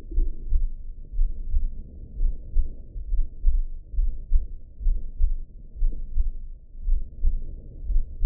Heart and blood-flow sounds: heart sounds by optical stethoscope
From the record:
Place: pulmonary valve (PV)

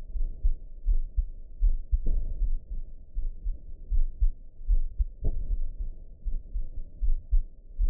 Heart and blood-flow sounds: heart sounds by optical stethoscope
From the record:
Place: pulmonary valve (PV)

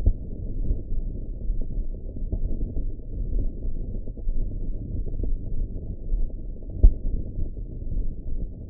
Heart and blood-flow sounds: heart sounds by optical stethoscope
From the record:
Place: pulmonary valve (PV)

